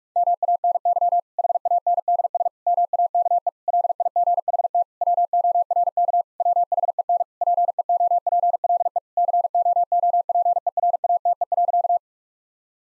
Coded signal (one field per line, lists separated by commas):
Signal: Morse code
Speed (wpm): 46 wpm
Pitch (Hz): 700 Hz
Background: none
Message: MANY HANDS MAKE LIGHT WORK WHEN PEOPLE COOPERATE.